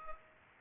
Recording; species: mosquito wingbeat signal from an infrared sensor; Culex pipiens